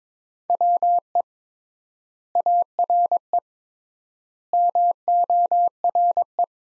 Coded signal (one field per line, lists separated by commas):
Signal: Morse code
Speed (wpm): 22 wpm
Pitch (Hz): 700 Hz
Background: none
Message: WE ARE MORE